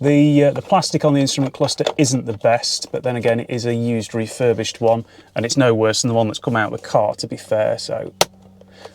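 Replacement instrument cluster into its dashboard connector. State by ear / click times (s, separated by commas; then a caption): seated / 8.6 s. Someone talks while a used, refurbished replacement instrument cluster (driver information module) for a Volvo XC90 is pushed back into its connector in the dashboard. A sharp, positive click sounds at 8.6 s as it seats, taken as a sign that the module should be compatible.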